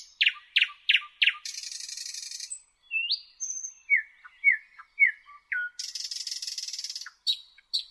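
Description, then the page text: Thrush nightingale song with spaced knocking notes, a dry rattle, descending whistled slurs in series, then another harsh rattling buzz and sharp notes. "Jelmer Poelstra - Обыкновенный соловей (Luscinia luscinia)"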